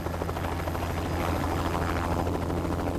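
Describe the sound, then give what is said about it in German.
A helicopter carrying Inspector Gruber flies toward Bregenz. Its deep rotor thrum drones steadily overhead, pulsing in a fast, even rhythm beneath a broad whooshing roar, loud and unbroken throughout. “10 Minuten später ist mein Inspektor Gruber mit dem Helikopter auf dem Weg nach Bregenz”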